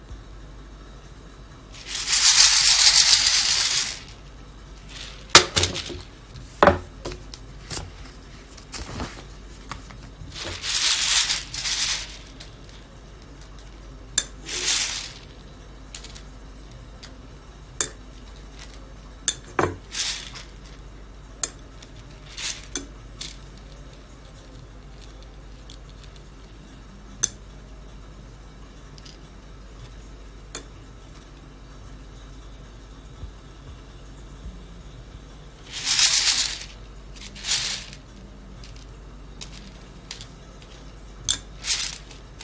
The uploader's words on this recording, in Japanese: 今朝は”キリマンジャロブレンド”生豆を焙煎。